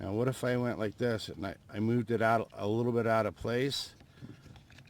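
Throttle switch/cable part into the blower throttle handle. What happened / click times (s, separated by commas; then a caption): The throttle part did not go on / none. Someone talks while moving the throttle switch/cable part slightly out of position on the throttle handle of an Echo PB-770H backpack blower and trying to fit it. A few faint taps are heard between about 4.6 and 4.9 seconds. The part will not go on and is pulled back, so nothing has seated or clicked yet.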